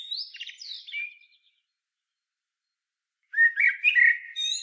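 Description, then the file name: Common blackbird ending one high twittering phrase, then after a pause starting another with warbled fluted notes and squeaky upper tones. "Turdus merula"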